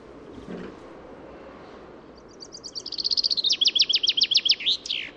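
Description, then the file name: Common chaffinch: after two quiet seconds, a common chaffinch sings a lively phrase of rapid repeated notes descending into a loud trill and terminal flourish; faint noise throughout. "Fringilla coelebs"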